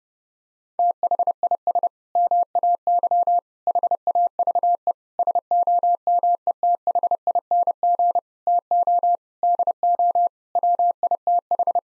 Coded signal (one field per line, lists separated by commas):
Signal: Morse code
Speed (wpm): 30 wpm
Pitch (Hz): 700 Hz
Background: none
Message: THIS MAY HAVE SOMETHING TO DO WITH